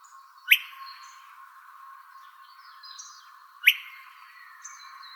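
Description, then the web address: Buff-collared flycatcher giving two crisp, rising call notes about three seconds apart. Calls recorded in Arizona. "Flycatchers. BCFL CALLS. deviche"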